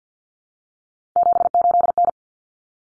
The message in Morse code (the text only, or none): 78N